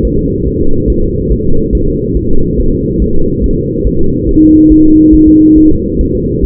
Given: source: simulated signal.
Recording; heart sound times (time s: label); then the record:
fetal heart sounds
0.05 s: S1
0.19 s: S2
0.47 s: S1
0.61 s: S2
0.90 s: S1
1.04 s: S2
1.32 s: S1
1.46 s: S2
1.75 s: S1
1.89 s: S2
2.17 s: S1
2.31 s: S2
2.60 s: S1
2.74 s: S2
3.02 s: S1
3.16 s: S2
3.44 s: S1
3.58 s: S2
3.87 s: S1
4.01 s: S2
4.29 s: S1
4.43 s: S2
4.72 s: S1
4.86 s: S2
5.15 s: S1
5.28 s: S2
5.58 s: S1
5.72 s: S2
6.01 s: S1
6.15 s: S2
6.45 s: S1
From the record:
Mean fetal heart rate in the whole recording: 140 bpm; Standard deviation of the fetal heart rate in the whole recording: 2 bpm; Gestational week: 34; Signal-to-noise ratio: -19.1 dB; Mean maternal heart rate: 72 bpm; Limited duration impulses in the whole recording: present